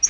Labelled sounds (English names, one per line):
Yellow-rumped Warbler flight call